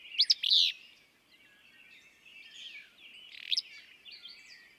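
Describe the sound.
Willow flycatcher delivering a sharp, buzzy two-part phrase at the start and again about three seconds later, with twittering songbirds filling the gaps.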